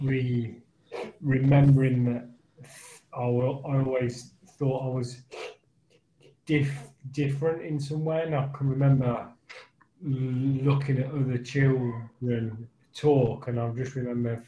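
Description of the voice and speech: Adult male speech with part-word and word repetitions, prolonged sounds and pauses, typical of stuttering.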